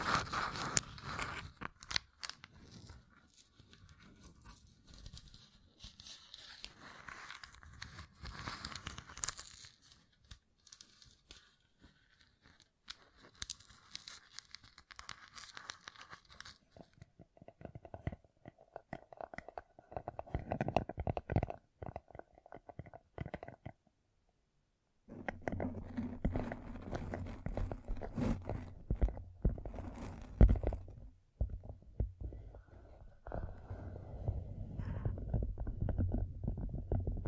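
Gem-covered fingertips tap and scratch in a busy, crackly stream of small clicks and scrapes, bright and gritty for the first sixteen seconds. The texture then turns lower and softer, pauses briefly near twenty-five seconds, and resumes as denser, rumbling scratching.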